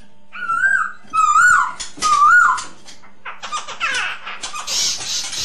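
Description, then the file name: Masked laughingthrush singing three clear, wobbling whistled phrases, followed by a run of harsh, noisy, chattering rasps. Lure song. "suara pancingan poksay hongkong"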